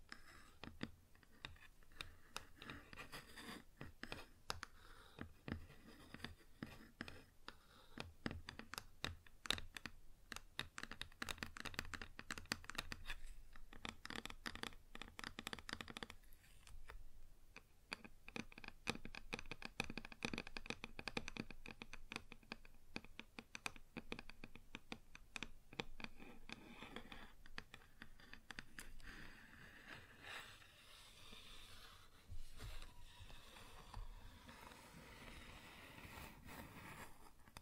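Fingers tap and scratch on a wooden surface in dense, uneven bursts of quick clicks and rough scraping, running almost without pause. The activity thins briefly around 16 seconds, then resumes; near the end it shifts toward softer, brighter rubbing with fewer sharp taps.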